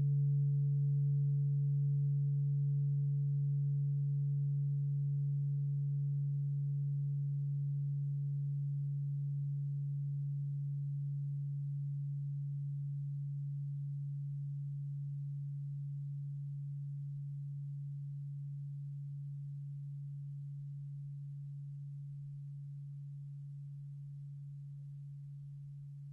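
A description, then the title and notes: A single steady tone at 141.27 Hz hums low and pure for the whole stretch, with a faint higher overtone that fades out about two-thirds of the way in. The volume drops slowly and evenly from start to finish, with no other sounds. 141.27 Hz.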